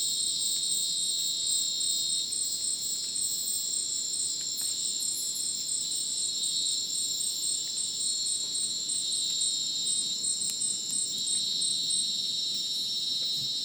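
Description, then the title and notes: Crickets trilling in a dense, unbroken high-pitched chorus of many overlapping trills. Dense rainforest at Ucumari, Madidi National Park, Bolivia, after sunset; very dense insect chorus like a polyrhythmic electronic concert; AT BP4029 microphone, MixPre 6 recorder. "Madidi National Park, Ucumari, Bolivia - Supersonic Crickets in the rainforest. Después del atardecer, un espacio muy denso en medio del bosque. Increíble densidad de insectos"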